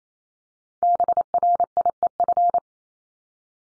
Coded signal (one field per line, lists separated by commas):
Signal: Morse code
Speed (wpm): 28 wpm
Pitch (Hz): 700 Hz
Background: none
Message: BRIEF